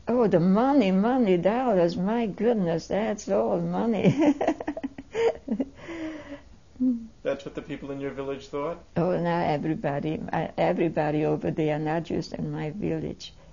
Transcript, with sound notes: Oh the money, money, dollars, my goodness, that's all, money (she laughs)
That's what the people in your village thought?
Well, not everybody, everybody over there, not just in my village.